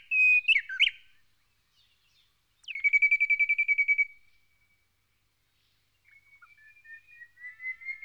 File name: Cossyphe-d Heuglin-Cossypha-heuglini-White-Browed-robin-chat-Weissbrauenrotel